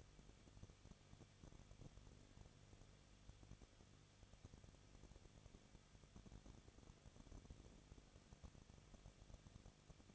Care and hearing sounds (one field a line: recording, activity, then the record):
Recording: daily activity, microphone in the room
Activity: no activity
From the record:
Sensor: 4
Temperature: 23.0 degrees Celsius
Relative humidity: 34.1%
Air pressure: 1007.4 hPa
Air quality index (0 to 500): 212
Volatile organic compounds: 14 ppm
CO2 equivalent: 2440 ppm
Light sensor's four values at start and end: 2/3/1/1 and 2/3/1/1